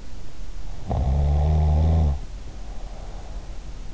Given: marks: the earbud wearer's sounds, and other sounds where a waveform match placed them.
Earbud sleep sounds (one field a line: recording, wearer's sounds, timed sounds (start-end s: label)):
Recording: sounds in sleep by an in-ear microphone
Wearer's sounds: snoring breath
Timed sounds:
0.75-3.42 s: snoring breath